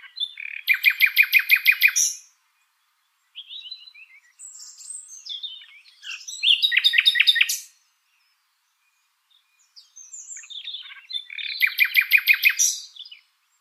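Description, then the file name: Common nightingale song: loud rapid repeated notes in bursts, separated by quieter varied whistles and pauses of about a second. "Luscinia megarhynchos"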